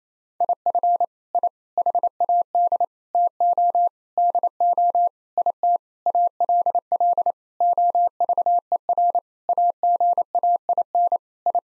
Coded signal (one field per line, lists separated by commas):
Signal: Morse code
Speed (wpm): 28 wpm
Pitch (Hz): 700 Hz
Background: none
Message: IF I HAD TO DO IT ALL OVER AGAIN I